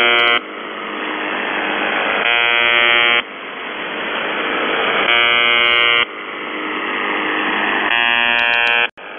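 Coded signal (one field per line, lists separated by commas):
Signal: channel marker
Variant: UVB-76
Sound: radio hiss broken by three harsh one-second buzzes, roughly every three seconds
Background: radio static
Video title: The Buzzer/UVB-76(4625Khz) September 28, 2021 16:00UTC Voice message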